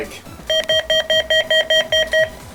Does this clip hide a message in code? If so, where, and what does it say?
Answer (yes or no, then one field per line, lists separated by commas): no